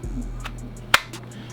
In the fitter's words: And you hear that audible click.